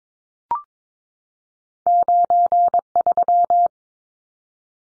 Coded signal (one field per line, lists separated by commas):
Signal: Morse code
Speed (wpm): 22 wpm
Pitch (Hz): 700 Hz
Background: none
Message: 93